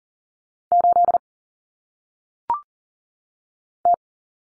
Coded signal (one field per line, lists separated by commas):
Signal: Morse code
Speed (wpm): 40 wpm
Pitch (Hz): 700 Hz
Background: none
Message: 8 T